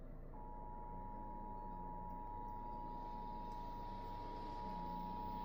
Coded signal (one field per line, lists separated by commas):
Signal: Emergency Alert System (SAME) tones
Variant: 853 and 960 Hz attention tone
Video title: Eas Maryland's tornado drill on mpt tv live stream Eas#796